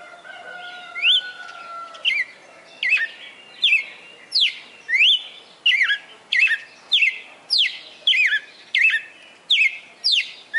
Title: Canto Galo Campina Fêmea. Galo de Campina Fortaleza-CE